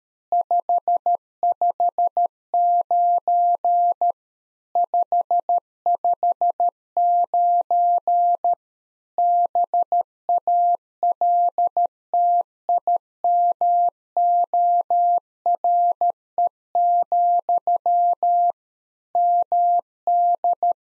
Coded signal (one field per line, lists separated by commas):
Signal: Morse code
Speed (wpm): 13 wpm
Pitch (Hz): 700 Hz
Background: none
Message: 559 559 BALTIMORE, MD